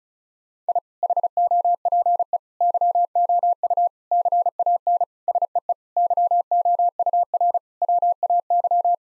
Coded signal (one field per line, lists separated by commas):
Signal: Morse code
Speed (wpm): 34 wpm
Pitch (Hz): 700 Hz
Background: none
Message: I HOPE YOU CAN SEE YOUR WAY